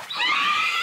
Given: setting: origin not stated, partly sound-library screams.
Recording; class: one-second piece from a danger detection set; woman in danger